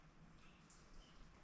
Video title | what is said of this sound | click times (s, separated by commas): How To Change The Brake Fluid On A Harley Davidson Fatboy | Just snaps into place. | 0.7 s